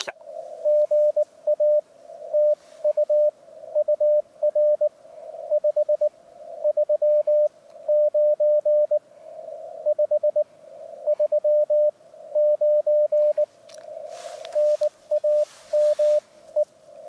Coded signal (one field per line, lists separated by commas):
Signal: Morse code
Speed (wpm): 19 wpm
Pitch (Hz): 600 Hz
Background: radio noise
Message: GA TU UR 539 539 NAME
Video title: お昼休み 河川敷プチ移動運用(その2) 上岡沙織さん JP7VEA局とCW交信 CQ ham radio CW運用 入門編 連載中 15WPM 2022/02/09 アマチュア無線 VLOG 47